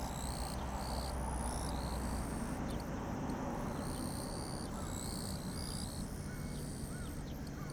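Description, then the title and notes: Chorus of Japanese bush crickets: repeated high buzzing bursts from several callers over a steady low rumble. Chorusing actively in daytime blazing heat, 5 August 2020, Kariwa, Niigata, Japan; same spot as a night recording; ZOOM H6 with Sennheiser MKH8020. "炎天下のキリギリス. 新潟県刈羽村"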